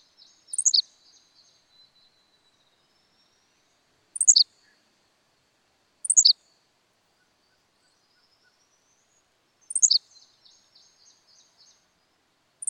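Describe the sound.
Henslow's sparrow song, brief high insect-like 'tsi-lick' notes given at irregular intervals of two to four seconds.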